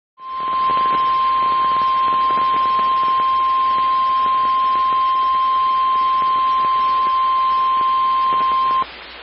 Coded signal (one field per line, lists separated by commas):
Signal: Emergency Alert System (SAME) tones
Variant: 1050 Hz attention tone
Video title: Eas lot svr on KWO39 stream Eas#1456